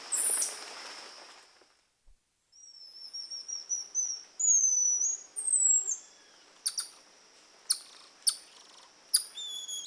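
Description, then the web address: Golden lion tamarin whistled calls: long, high, level tones that rise slightly, then a run of sharp chirps and clicks. South American rainforest primate. "Natures Songs S America Primates of the Rainforest Golden lion tamarin"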